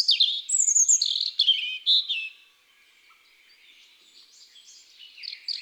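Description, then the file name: European robin giving one rich phrase of whistles and trills, followed by soft, thin notes. "Rougegorge familier"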